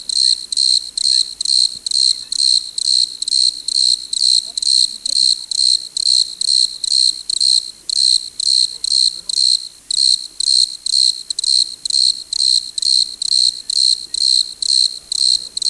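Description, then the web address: Desert crickets sustain a shrill, evenly pulsed chorus at about two chirps per second throughout, with little else audible. "Dr Sound Effects. Chorus of Desert Crickets"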